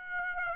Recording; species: mosquito wingbeat signal from an infrared sensor; Aedes aegypti